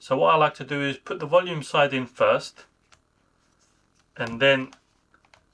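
An iPhone 14 Pro is being fitted volume side first into a snug RhinoShield Mod NX plastic bumper case frame while someone talks. A few faint handling ticks are heard near 5.1 to 5.3 seconds. Nothing has seated or clicked yet.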